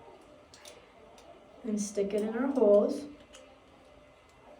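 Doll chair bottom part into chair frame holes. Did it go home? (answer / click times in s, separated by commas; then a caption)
no / none. Someone talks while handling the plastic bottom part of a doll-sized chair, from part D of a Badger Basket 67002 12" Fashion Doll Travel Kitchen, as it is brought to the holes of the chair frame, with faint ticks near 0.5 and 3.4 seconds. Nothing has seated or clicked into place yet.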